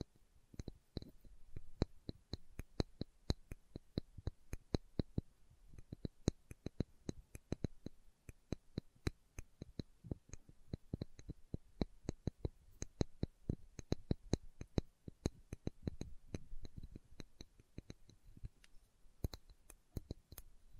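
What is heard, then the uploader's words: Slow tapping, a series of sharp, short knocks that runs steadily for the whole stretch. The taps come unevenly, sometimes spaced apart, sometimes in quick clusters of two or three, with little else between them but a faint hiss. ASMR Slow Tapping for Deep Sleep (No Talking).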